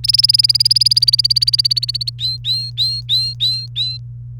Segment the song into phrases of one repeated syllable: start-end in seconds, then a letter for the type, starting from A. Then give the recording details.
0.04-2.10 A, 2.19-3.97 B. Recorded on 30 April 2018 at 06:28. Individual llb3